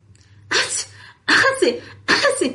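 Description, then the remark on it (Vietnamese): Three loud sneezes in quick succession, evenly spaced about a second apart, each a sharp breathy burst with a voiced, throaty tail, over a faint low hum. “Hắt xì ba cái liên tiếp, khiến cho Kim Kiền nước mắt nước mũi trào ra khắp mặt.”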